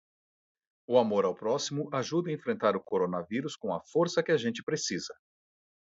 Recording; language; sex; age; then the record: spoken sentence; Brazilian Portuguese; male; 40 to 49 years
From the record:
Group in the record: control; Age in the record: 47 years